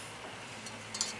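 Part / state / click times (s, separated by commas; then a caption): CPU cooler fan clip into heatsink / seated / 1.0 s. The second plastic fan clip on a CPU cooler is pulled into the heatsink until it seats, with a sharp snap at 1.0 s. A brief rise in low-level noise just before it is followed by a quiet background, and the clip is confirmed seated.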